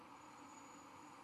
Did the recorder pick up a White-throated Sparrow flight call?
no